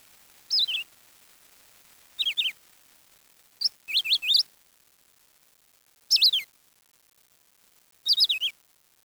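Bird calls: short bursts of loud, high, wavering twittery notes that slide downward, given about every two seconds against a quiet background.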